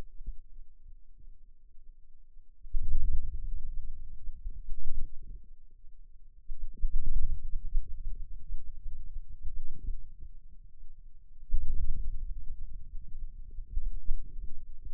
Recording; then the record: forearm muscle sounds (acoustic myography)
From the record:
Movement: wrist flexion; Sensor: system 2, bracelet of six BSWA MPA416 microphones around the upper forearm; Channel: 5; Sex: male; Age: 22 years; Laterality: right